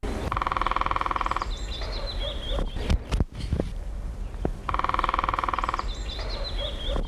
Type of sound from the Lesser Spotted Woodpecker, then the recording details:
drumming. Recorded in the wild. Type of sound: drumming. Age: adult. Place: Arkenberge, Berlin, DE. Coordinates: 52.64, 13.41. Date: 1980-04-20 17:25. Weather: bedeckt, ca. 10°C. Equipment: Uher CR 210, Verstärker, Sennheiser MD 421 HL, Kopie Uher 4200. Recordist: Tembrock, Günter. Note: Trommeln an Pappel im Schutzgebiet Blankenfelde